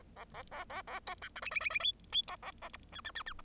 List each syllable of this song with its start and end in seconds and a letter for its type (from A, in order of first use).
0.16-0.24 A, 0.34-0.42 A, 0.51-0.64 A, 0.69-0.82 A, 0.87-0.99 A, 1.07-1.15 B, 1.22-1.29 C, 1.35-1.41 D, 1.42-1.50 E, 1.51-1.60 E, 1.60-1.70 E, 1.70-1.79 E, 1.80-1.92 F, 2.12-2.22 F, 2.27-2.36 B, 2.42-2.51 A, 2.62-2.69 G, 2.73-2.77 H, 2.92-3.01 I, 3.04-3.11 I, 3.15-3.23 I, 3.26-3.33 I